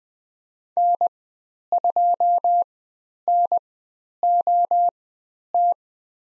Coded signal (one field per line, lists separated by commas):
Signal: Morse code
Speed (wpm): 20 wpm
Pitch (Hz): 700 Hz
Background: none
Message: N2NOT